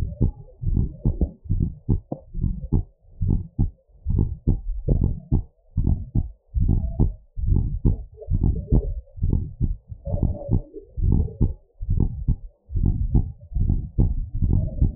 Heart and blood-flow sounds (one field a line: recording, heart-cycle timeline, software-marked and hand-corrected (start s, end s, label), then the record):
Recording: heart sounds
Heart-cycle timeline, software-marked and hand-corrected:
0.00	0.22	systole
0.22	0.34	S2
0.34	0.72	diastole
0.72	0.88	S1
0.88	1.20	systole
1.20	1.30	S2
1.30	1.58	diastole
1.58	1.70	S1
1.70	1.98	systole
1.98	2.06	S2
2.06	2.42	diastole
2.42	2.54	S1
2.54	2.84	systole
2.84	2.92	S2
2.92	3.26	diastole
3.26	3.40	S1
3.40	3.68	systole
3.68	3.76	S2
3.76	4.10	diastole
4.10	4.26	S1
4.26	4.54	systole
4.54	4.62	S2
4.62	4.90	diastole
4.90	5.04	S1
5.04	5.32	systole
5.32	5.42	S2
5.42	5.78	diastole
5.78	5.90	S1
5.90	6.16	systole
6.16	6.26	S2
6.26	6.56	diastole
6.56	6.68	S1
6.68	6.98	systole
6.98	7.12	S2
7.12	7.46	diastole
7.46	7.62	S1
7.62	7.86	systole
7.86	7.96	S2
7.96	8.32	diastole
8.32	8.44	S1
8.44	8.72	systole
8.72	8.86	S2
8.86	9.24	diastole
9.24	9.40	S1
9.40	9.68	systole
9.68	9.78	S2
9.78	10.12	diastole
10.12	10.22	S1
10.22	10.52	systole
10.52	10.64	S2
10.64	11.04	diastole
11.04	11.22	S1
11.22	11.48	systole
11.48	11.56	S2
11.56	11.92	diastole
11.92	12.08	S1
12.08	12.36	systole
12.36	12.44	S2
12.44	12.76	diastole
12.76	12.92	S1
12.92	13.14	systole
13.14	13.26	S2
13.26	13.56	diastole
13.56	13.70	S1
13.70	14.00	systole
14.00	14.14	S2
14.14	14.48	diastole
14.48	14.66	S1
14.66	14.96	systole
From the record:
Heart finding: normal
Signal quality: good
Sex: female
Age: 55 years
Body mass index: 30.7